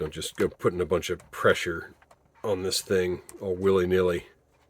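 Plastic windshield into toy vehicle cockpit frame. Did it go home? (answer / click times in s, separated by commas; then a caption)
no / none. A plastic windshield is handled over the cockpit frame of a toy vehicle while someone talks. Nothing has seated or clicked yet; the windshield has not snapped into place by the end.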